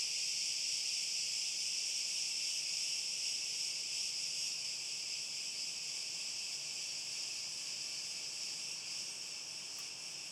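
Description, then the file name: Cricket song, a continuous high, even shrill trill sustained without pause throughout, with no other clear sounds. "Grillen"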